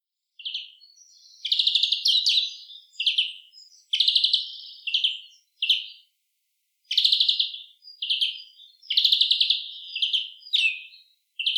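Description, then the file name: European greenfinch delivering dense runs of buzzy, twittering calls with brief gaps, the notes overlapping into short rattling bursts. "Chloris chloris"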